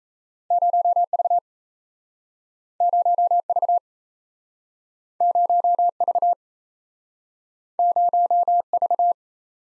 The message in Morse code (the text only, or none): 0V 0V 0V 0V